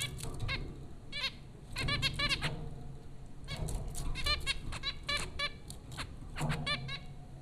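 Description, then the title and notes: Zebra finches chattering with rapid runs of nasal, trumpet-like calls, several birds calling over one another with a low background hum. Zebra finches at Popcorn School, Flatbush, Brooklyn, New York; recorded April 2009 by Dan Bodah. "Dronecast No. 030: The Popcorn Finches Four from Apr 15, 2009. Zebra finches recorded by Dan Bodah at Popcorn School, Flatbush, Brooklyn NY in April 2009"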